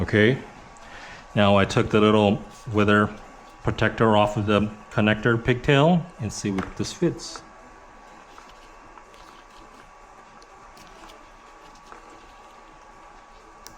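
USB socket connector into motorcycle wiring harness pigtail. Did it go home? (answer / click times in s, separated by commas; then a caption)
no / none. Someone talks while the weather protector has been taken off the connector pigtail on a 2026 Ducati Panigale V4R wiring harness, and the plastic OEM USB-A socket connector is being offered up to it. After the talking stops, faint handling taps come at about 8.4, 9.0, 11.9 and 13.7 seconds over quiet background noise. Nothing has seated or clicked yet.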